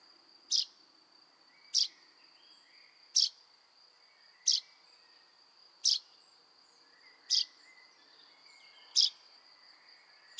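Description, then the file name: Common chaffinch calling persistently, about eight crisp high notes at a regular pace near one every one and a half seconds, with a steady thin high whine throughout. "Fringilla coelebs"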